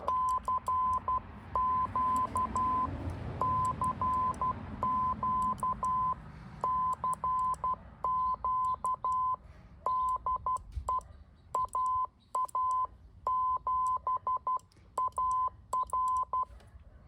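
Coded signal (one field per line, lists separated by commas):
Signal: Morse code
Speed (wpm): 12 wpm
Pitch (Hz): 1020 Hz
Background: none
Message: CQ CQ CQ DE AA7AR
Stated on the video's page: QRP backyard portable CW attempt with MFJ-9040 rig, MFJ-971 tuner, battery power, MFJ keyer and a short 40 m vertical.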